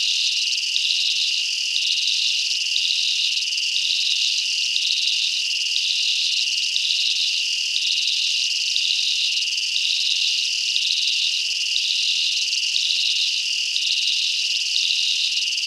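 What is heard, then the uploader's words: A dense, unbroken insect drone on a hill in Malaysia, high and shrill, pulsing in regular beats about twice per second throughout. Nature - Penang Hill, Malaysia.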